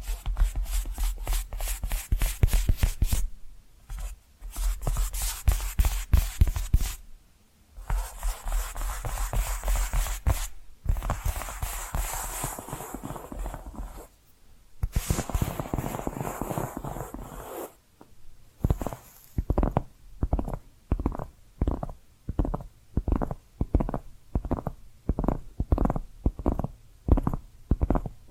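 Tapping and scratching sounds, with dense, rapid scratching and fast taps filling the first eighteen seconds, broken by brief silences near 4, 7.5 and 14.5 seconds. After about 18 seconds it settles into a steady, regular run of distinct taps, roughly two per second.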